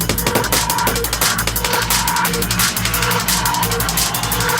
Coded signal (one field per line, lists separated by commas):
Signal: none